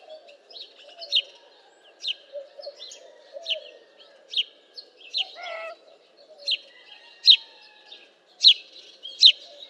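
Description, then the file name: House sparrow calling with repeated sharp chirps, loudest near the end, plus a brief lower squawk midway. "Passer domesticus"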